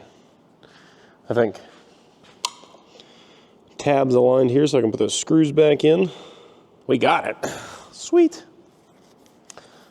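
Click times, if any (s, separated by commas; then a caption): 9.5 s. A small screw is driven back into a tab on the starter solenoid cover of a 1952 Caterpillar D4 dozer, threading into a hole in the solenoid housing, while someone talks. A sharp click sounds at 9.5 s, but the screw will not tighten because its hole has stripped out.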